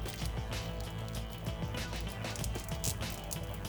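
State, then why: Not seated. A replacement head is pushed onto the neck peg of a braced plastic X-23 Play Arts Marvel Universe action figure, with music playing underneath. Small knocks sound around 2.4, 2.9 and 3.3 seconds, but the head has not clicked or seated onto the neck joint yet.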